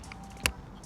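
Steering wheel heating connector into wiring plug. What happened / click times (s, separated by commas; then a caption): The connector clicked home / 0.5 s. A steering wheel heating wire connector is pushed into its mating wiring plug during a steering wheel swap on a manual G80 M3. One sharp click at 0.5 s stands out over low background noise, with faint ticks around 0.1 s and 0.9 s. The connector is seated.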